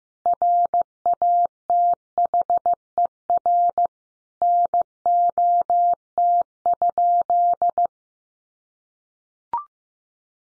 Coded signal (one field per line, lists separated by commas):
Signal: Morse code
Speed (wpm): 15 wpm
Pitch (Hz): 700 Hz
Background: none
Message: RATHER NOT?